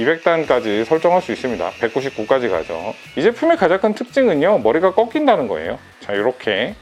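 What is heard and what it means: A handheld fan with a plastic head on a hinge joint is handled as someone talks. The head is about to be folded on the hinge to click through its angle detents. The clip ends before it bends, so nothing has clicked into place yet.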